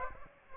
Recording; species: mosquito wingbeat signal from an infrared sensor; Aedes aegypti